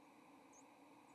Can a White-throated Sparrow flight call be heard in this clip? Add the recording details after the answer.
no. Another species' flight call is heard. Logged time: 08:32 on 30 October 2014